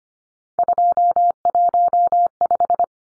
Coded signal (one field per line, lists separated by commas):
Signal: Morse code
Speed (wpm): 25 wpm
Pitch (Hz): 700 Hz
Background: none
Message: 215